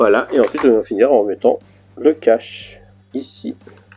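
Someone talks while fitting a small plastic cover onto the finished right shoulder of an Optimus Prime model robot kit, with a couple of faint handling ticks near 3.9 and 4.0 s. Nothing has seated or clicked yet; the cover is still being handled before it goes home.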